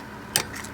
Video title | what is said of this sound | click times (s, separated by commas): Changing My Winter 🥶 Tires To Summer ☀️ While Pimp’N My Mom’s Dodge Caravan - MOPAR Baby! | until you hear that click. That | 0.4 s